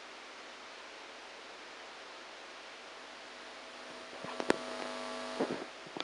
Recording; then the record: brain microelectrode recording played as sound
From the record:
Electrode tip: outside the subthalamic nucleus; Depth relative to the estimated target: 0 mm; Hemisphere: right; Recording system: NeuroSet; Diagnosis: Parkinson's disease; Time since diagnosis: 9 years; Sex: male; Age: 56 years